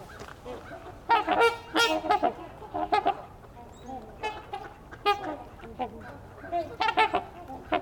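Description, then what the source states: Trumpeter swans giving loud, brassy honks in irregular bursts, several birds overlapping, with quieter honks between the louder calls. Wintering flock in Ontario near feeders; species extinct locally long ago, reintroduced about 30 years ago by the Toronto Zoo.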